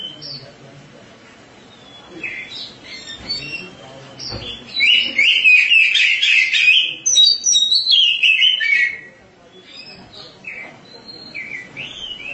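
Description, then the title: Oriental magpie-robin song: rich, varied whistled phrases with quick slurred notes, swelling into a loud, dense burst midway, then quieter scattered whistles. "Suara Kicauan Burung Kacer"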